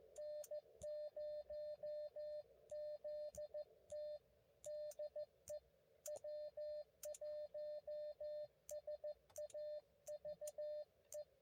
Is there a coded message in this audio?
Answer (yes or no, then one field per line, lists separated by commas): yes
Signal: Morse code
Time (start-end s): 0.2-11.2 s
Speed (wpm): 14 wpm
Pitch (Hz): 600 Hz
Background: music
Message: N0ZT DE W1SAV E